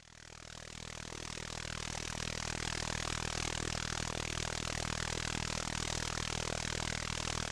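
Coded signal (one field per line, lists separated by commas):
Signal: radar signal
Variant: 29B6 Container OTH radar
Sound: steady fast rasping buzz of rapid wideband pulses, like a harsh clattering motor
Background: radio static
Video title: Russian 29B6 Container radar in ham 15 meter band, 21311 kHz, 04 November, 2024, 1500 UTC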